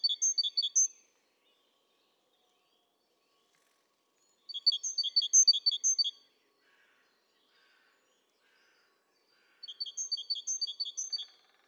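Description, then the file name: Great tit singing three separate bursts of a rhythmic repeated phrase, each one to two seconds long, with long silences between. "Parus major"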